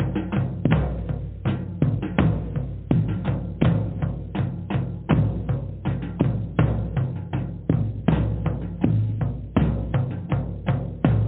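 Drumming plays in a quick, fairly steady pattern of hits, roughly three to four per second, each striking sharply and ringing briefly. The tone is low and full with a thumping bottom and no bright top, and the strikes run continuously without pause.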